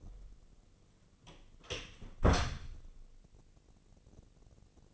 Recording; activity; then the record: daily activity, microphone in the room; close door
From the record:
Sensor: 4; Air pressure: 1013.2 hPa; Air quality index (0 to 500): 180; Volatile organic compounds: 2 ppm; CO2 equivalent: 1128 ppm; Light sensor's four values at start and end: 100/249/104/111 and 78/190/80/81